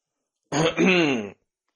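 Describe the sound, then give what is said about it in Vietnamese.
A man clears his throat once before speaking to two guards at a teleportation formation: a short rough burst that slides into a low voiced rumble, lasting under a second and fairly loud against silence on either side. “Y lại móc ra một cái lệnh bài màu đỏ, hắng giọng nói với hai vị tu sĩ canh giữ ở trước trận pháp.”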